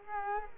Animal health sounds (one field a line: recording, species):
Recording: mosquito wingbeat signal from an infrared sensor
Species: Culex quinquefasciatus